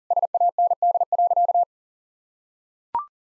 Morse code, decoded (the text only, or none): SAND.